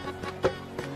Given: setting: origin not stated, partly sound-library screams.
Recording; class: one-second piece from a danger detection set; normal situation